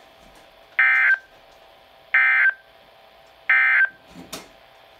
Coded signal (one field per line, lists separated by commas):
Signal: Emergency Alert System (SAME) tones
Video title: EAS 135 SVR